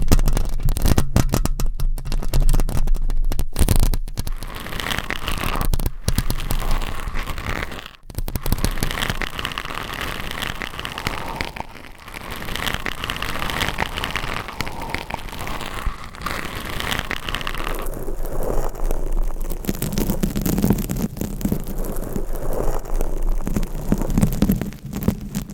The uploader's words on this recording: ASMR Mic Scratching - Brain Scratching with 20 MICS No Talking for Sleep with Long Nails.